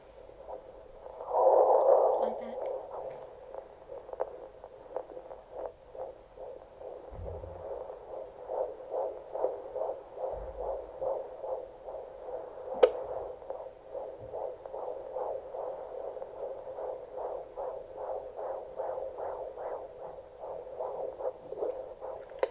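A baby's heartbeat before birth: fast, rhythmic whooshing pulses.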